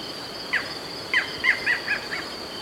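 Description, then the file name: Barred Forest Falcon uttering a brief run of about six sharp, clipped yelps in under two seconds, against a continuous thin insect whine. "Micrastur ruficollis - Barred Forest Falcon"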